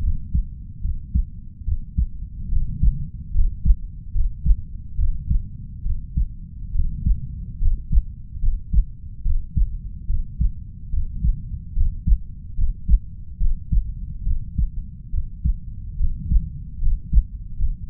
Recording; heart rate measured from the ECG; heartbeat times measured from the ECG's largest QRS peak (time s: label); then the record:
heart sounds by stethoscope; 72 bpm
0.81 s: heartbeat
1.64 s: heartbeat
2.48 s: heartbeat
3.31 s: heartbeat
4.11 s: heartbeat
4.95 s: heartbeat
5.82 s: heartbeat
6.71 s: heartbeat
7.58 s: heartbeat
8.39 s: heartbeat
9.22 s: heartbeat
10.06 s: heartbeat
10.89 s: heartbeat
11.73 s: heartbeat
12.54 s: heartbeat
13.37 s: heartbeat
14.23 s: heartbeat
15.10 s: heartbeat
15.96 s: heartbeat
16.78 s: heartbeat
17.55 s: heartbeat
From the record:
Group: healthy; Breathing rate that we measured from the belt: 13 breaths a minute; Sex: female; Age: 32 years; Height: 168 cm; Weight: 61.9 kg